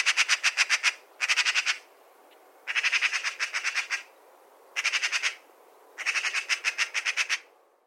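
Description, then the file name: Eurasian magpie giving rattling chatter: quick runs of harsh clipped notes in several bursts, some longer than others, separated by brief gaps. "Pica pica"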